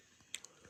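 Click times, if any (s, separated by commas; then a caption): 0.3 s. Trigger assembly parts for a new trigger install on a 9mm Taurus G2C are lined up and pressed down into the polymer pistol frame. A sharp, bright snap lands at 0.4 s, followed by a smaller click at 0.5 s and a soft low thump near 0.7 s. The parts snap into place and are seated.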